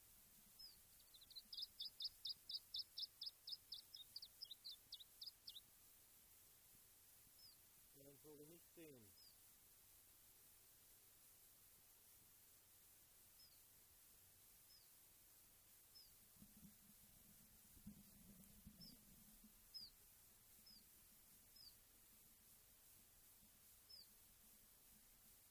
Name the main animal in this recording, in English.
Iberian Chiffchaff